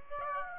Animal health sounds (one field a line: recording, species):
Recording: mosquito wingbeat signal from an infrared sensor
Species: Aedes aegypti